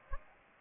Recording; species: mosquito wingbeat signal from an infrared sensor; Aedes aegypti